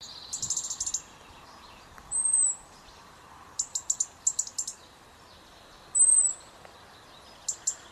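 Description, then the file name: European robin calls: clusters of sharp, very high ticking notes alternating with two thin, drawn-out high whistles, steady faint background hiss throughout. "Erithacus rubecula"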